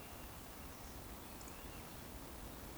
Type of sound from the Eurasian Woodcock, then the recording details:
whistle. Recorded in Baden-Württemberg, Germany, on 24 June 2020 at 19:45 UTC. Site 14569, 102 m above sea level